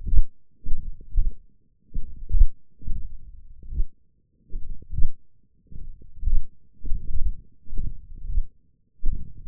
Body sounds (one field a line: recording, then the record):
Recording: forearm muscle sounds (acoustic myography)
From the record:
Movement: tripod grip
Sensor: system 1, eight BSWA MPA416 microphones around the upper forearm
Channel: 5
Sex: male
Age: 21 years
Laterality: right